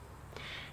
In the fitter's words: and you get it in place and then when you're done it has this little magnetic thing and it snaps in place